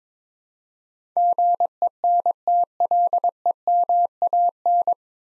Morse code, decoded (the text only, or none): GENTLEMAN